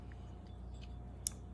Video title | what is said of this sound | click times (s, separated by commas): S.T. Dupont Ligne 2 Disassembly and Reassembly | you'll hear a snap also if this is upside down it's not going to let you pull that over | 1.3 s